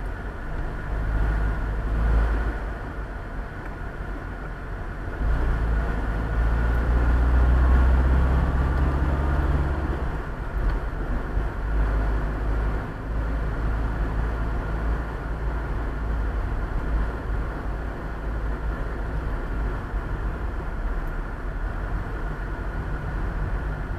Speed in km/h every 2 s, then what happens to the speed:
28, 29, 28, 32, 38, 39, 41, 43, 41, 41, 41, 36.
4-13 speeds up to 43. 13-20 steady at about 41.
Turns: none.